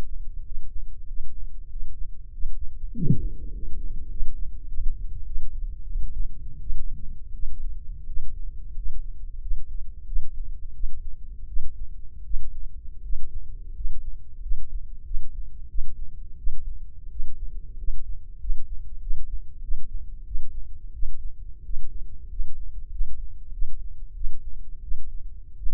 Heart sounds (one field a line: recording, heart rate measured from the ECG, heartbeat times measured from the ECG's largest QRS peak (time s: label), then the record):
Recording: heart sounds by microphone in the left ear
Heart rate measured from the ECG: 91 bpm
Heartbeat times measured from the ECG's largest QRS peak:
0.41 s: heartbeat
1.04 s: heartbeat
1.66 s: heartbeat
2.28 s: heartbeat
2.90 s: heartbeat
3.49 s: heartbeat
4.08 s: heartbeat
4.66 s: heartbeat
5.24 s: heartbeat
5.85 s: heartbeat
6.59 s: heartbeat
7.31 s: heartbeat
8.05 s: heartbeat
8.73 s: heartbeat
9.39 s: heartbeat
10.04 s: heartbeat
10.72 s: heartbeat
11.46 s: heartbeat
12.23 s: heartbeat
13.01 s: heartbeat
13.73 s: heartbeat
14.40 s: heartbeat
15.03 s: heartbeat
15.67 s: heartbeat
16.36 s: heartbeat
17.08 s: heartbeat
17.75 s: heartbeat
18.37 s: heartbeat
18.98 s: heartbeat
19.60 s: heartbeat
20.23 s: heartbeat
20.91 s: heartbeat
21.61 s: heartbeat
22.27 s: heartbeat
22.88 s: heartbeat
23.50 s: heartbeat
24.12 s: heartbeat
24.80 s: heartbeat
25.55 s: heartbeat
From the record:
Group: healthy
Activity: Valsalva maneuver 0-1 s, rest 1-26 s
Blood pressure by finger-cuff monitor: 121/87 mmHg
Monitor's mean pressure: 97 mmHg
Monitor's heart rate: 92 bpm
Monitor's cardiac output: 6.3 L/min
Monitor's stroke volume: 69 mL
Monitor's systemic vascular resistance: 1120 dyn s/cm5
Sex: male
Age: 21 years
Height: 180 cm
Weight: 67.5 kg